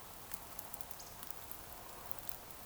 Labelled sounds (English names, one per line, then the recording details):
Eurasian Woodcock whistle
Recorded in Baden-Württemberg, Germany, on 28 June 2020 at 02:30 UTC
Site 43791, 788 m above sea level